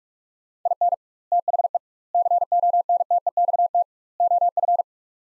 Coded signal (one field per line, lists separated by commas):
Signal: Morse code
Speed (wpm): 41 wpm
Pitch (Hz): 700 Hz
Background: none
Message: IN THE CONTEXT OF